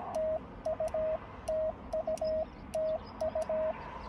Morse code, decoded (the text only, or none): TUTUTU